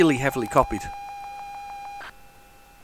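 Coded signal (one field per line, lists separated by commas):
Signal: ZX Spectrum tape loading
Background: speech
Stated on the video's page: Loading audio from an unknown ZX Spectrum cassette tape, with tape loading errors.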